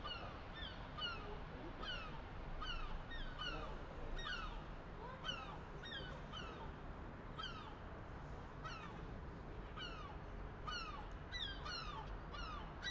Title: 5 Rue Germinal, 17000 La Rochelle, France - Mouettes de Mireuil